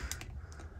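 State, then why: Not seated. The inner locking latch on the fuel tank lid of an Ashok Leyland 4220 truck is pushed up toward its locked position, producing small, sharp metallic clicks at about 0.1, 0.2 and 0.5 seconds over a low background hum. The latch is handled but has not yet latched shut; nothing has seated or clicked home yet.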